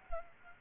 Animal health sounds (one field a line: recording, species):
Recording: mosquito wingbeat signal from an infrared sensor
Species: Aedes aegypti